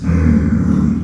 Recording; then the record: squeal of a Yucatan mini pig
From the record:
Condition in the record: after surgery on the right vocal fold (resection and tissue-engineered implant); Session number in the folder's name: 16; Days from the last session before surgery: 183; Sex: female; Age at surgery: 19 weeks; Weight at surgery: 25 kg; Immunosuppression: prednisolone